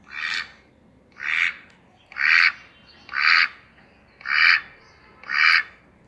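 Six evenly spaced duck quacks, each a short raspy burst, repeating in a steady rhythm with brief quiet gaps between them. The ducks are beyond a big green hedge at the end of a garden, in the story Angus and the Ducks. No one speaks.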